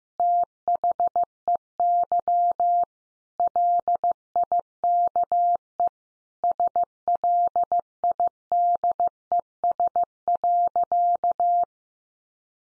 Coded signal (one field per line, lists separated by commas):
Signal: Morse code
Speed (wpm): 15 wpm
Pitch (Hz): 700 Hz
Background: none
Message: THEY LIKE SLIDES.